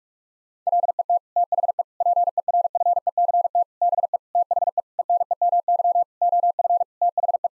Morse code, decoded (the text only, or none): LET THE PERFECT BE THE ENEMY OF THE